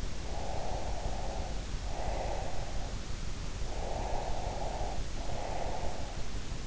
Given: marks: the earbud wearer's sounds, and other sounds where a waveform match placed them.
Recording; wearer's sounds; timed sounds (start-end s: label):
sounds in sleep by an in-ear microphone; breath
0.27-2.93 s: breath
3.70-6.32 s: breath